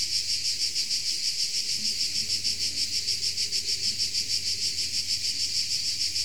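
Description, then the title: Insect chorus, bright high-pitched pulsing trill beating about three times a second, with a steady low hum and faint tones underneath. Insects recorded in Tuscany. "Under Tuscan Bugs"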